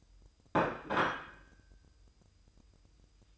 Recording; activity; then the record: daily activity, microphone in the room; place plate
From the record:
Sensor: 2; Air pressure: 988.5 hPa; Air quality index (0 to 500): 193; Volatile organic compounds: 198 ppm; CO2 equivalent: 4205 ppm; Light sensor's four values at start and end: 19/64/25/24 and 19/64/25/24